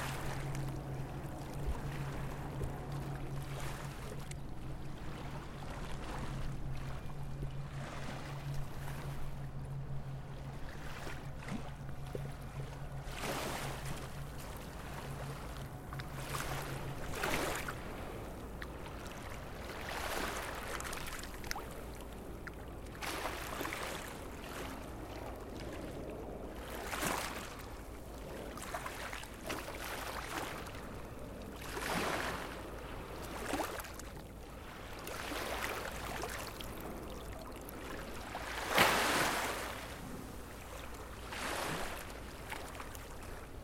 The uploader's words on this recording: Waves behind Cais Do Sodre. Zoom H5 with XYH-5 head By J.-P.